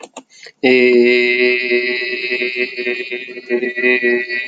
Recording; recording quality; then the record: sustained vowel as in made; excellent, no background noise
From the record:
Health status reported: exposed to COVID-19, no respiratory illness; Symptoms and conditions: cough, sore throat, fever, muscle pain, asthma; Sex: male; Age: 26 years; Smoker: no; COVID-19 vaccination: one dose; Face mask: not worn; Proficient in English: yes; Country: India